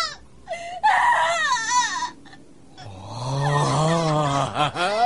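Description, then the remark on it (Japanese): A child cries for his father in two bursts: first a short, trembling high-pitched sob, then after a brief pause a longer, sustained wail that wavers and swoops in pitch. “子供の泣き声ってのは、絶望に駆られた女子供の声に勝るものはない。”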